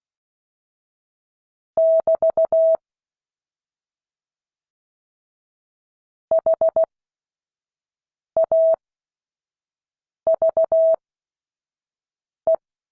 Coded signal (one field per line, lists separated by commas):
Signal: Morse code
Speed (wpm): 16 wpm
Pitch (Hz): 650 Hz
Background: none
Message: <BT> HAVE